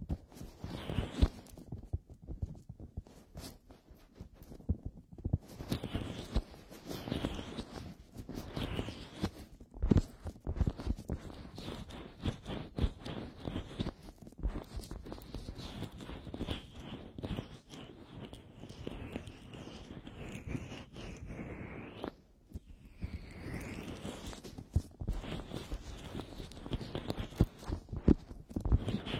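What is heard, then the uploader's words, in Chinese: An ear massage with oil: wet, slippery rubbing and dense crackling taps that rarely pause. Bright swishing strokes sweep up and down around the fifth and twenty-third seconds, while a soft low rumble runs underneath throughout. 耳部精油舒压按摩。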